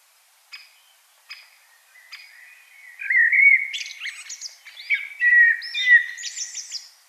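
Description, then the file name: Common blackbird singing: three short high chips, then a fluted warble and a squeaky, high-pitched twittering finish. "Turdus merula"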